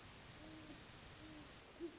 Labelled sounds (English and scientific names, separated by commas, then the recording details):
Great Horned Owl (Bubo virginianus)
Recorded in Sonoma County, California